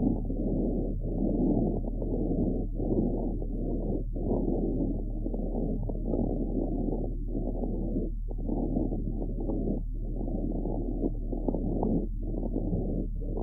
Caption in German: Chronischer Bronchitis mit Lungenemphysem wird zuweilen das fauchende Giemen und Rasseln von einem Knistergeräusch überlagert.